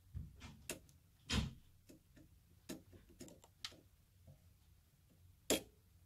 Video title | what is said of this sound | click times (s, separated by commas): PIP5048MG Parallel Board Installation | you go here you heard that snap is already in so everything double-check | 5.5 s